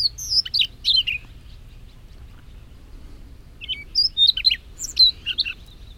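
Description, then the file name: Siberian rubythroat song: two quick bursts of high, sharp, varied whistled notes separated by a short stretch of near silence. "rubythroat-siberian -Calliope-calliope"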